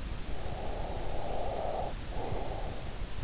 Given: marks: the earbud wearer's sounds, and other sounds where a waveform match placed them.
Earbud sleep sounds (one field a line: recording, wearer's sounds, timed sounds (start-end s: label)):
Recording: sounds in sleep by an in-ear microphone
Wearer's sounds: breath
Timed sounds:
0.00-3.03 s: breath